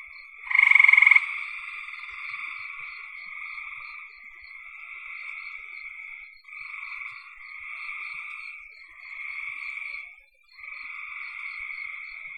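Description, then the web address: One loud rattling frog croak early, then a chorus of drawn-out buzzy trills continuing in overlapping waves with short gaps. "cn frogs"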